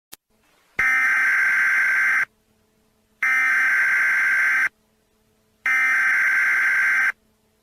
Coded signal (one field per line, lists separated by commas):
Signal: Emergency Alert System (SAME) tones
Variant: header bursts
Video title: Emergency Alert System